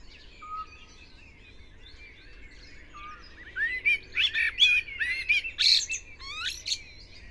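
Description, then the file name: Common blackbird song: soft low whistles early on, then a rush of rich fluted phrases and high squeaky flourishes near the end, with a light chorus of other birds. "Turdus merula"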